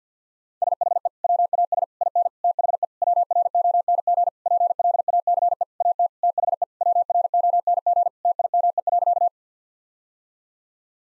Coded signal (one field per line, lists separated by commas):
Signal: Morse code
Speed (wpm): 50 wpm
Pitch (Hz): 700 Hz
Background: none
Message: SHE WAS IN THE WRONG PLACE AT THE WRONG TIME.